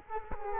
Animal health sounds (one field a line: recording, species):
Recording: mosquito wingbeat signal from an infrared sensor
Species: Culex quinquefasciatus